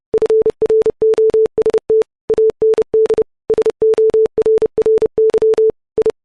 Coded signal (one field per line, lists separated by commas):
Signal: Morse code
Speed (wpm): 30 wpm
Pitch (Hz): 440 Hz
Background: none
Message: FROST AND SORRY I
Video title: Morse Code Sine Wave At 30 WPM